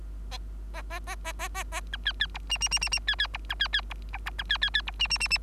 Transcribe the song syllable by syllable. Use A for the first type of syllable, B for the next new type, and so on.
A A A A A A A B C C D E E E E E C C D B C C D D B B C C C D E E E E